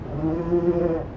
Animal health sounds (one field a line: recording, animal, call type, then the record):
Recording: contact call of a hoofed animal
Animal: goat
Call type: low-frequency (closed-mouth) or high-frequency (open-mouth) call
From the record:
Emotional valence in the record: positive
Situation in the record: food anticipation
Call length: 1.17 s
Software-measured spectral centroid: 820 Hz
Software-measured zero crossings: 770 a second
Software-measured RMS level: -23 dBFS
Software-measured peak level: -11 dBFS